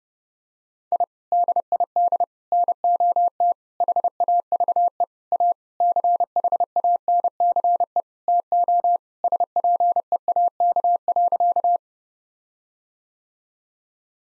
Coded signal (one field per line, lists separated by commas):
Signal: Morse code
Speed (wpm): 30 wpm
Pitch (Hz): 700 Hz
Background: none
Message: I DID NOT HAVE A CHANCE TO SPEAK.